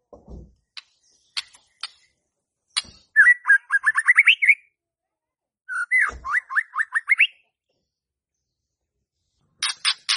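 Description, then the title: White-rumped shama song: a few sharp clicks, then two rapid series of rising whistled notes, each about one and a half seconds long, separated by silence, and a brief burst of notes at the end. Lure to provoke a stressed, jammed White-rumped shama that is not singing. "PANCINGAN Murai Batu STRES & MACET"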